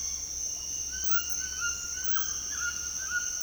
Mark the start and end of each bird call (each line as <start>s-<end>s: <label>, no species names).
0.77s-3.43s: bird call